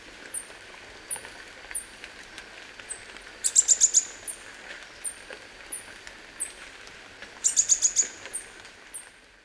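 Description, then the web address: Red-faced spinetail repeating single high, thin notes at a steady pace, twice broken by a short, rapid trill of sharp notes. Ecuador. "Birds of Ecuador. Red-faced Spinetail"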